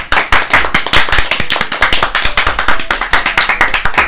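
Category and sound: crowd, applause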